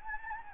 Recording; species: mosquito wingbeat signal from an infrared sensor; Anopheles gambiae